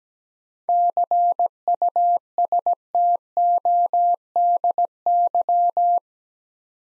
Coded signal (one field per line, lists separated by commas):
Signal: Morse code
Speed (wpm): 17 wpm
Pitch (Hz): 700 Hz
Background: none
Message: CUSTODY